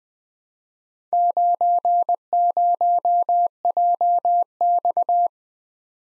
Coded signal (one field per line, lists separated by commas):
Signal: Morse code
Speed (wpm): 20 wpm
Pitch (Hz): 700 Hz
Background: none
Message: 90JX